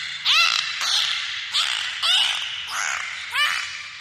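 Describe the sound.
Dolphin calls: about six harsh pulsed squawks with upswept whistles, repeated in quick succession throughout.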